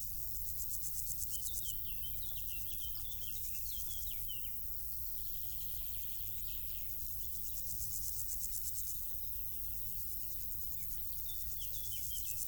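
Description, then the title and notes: Insect stridulation as fast, high ticking pulses in several long bursts, while birds give short chirps at intervals over a low background rumble. Insects stridulating in grass on île Gabriel, Brangues, France, on the Rhône; sunny afternoon, June 2021; two small Lom Usi Pro capsules in AB stereo with a MixPre 6. "île Gabriel - Brangues, France - Bourdons et crissements estivaux. Une après-midi ensoleillée sur l'île Gabriel. en juin 2021. je dépose deux petites capsules dans l'herbe afin de capter les stridulations des insectes à cette saison"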